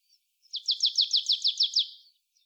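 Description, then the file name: Marsh tit delivering a quick series of several bright, high-pitched notes in a steady rhythm, with faint soft notes before and after. "Poecile palustris"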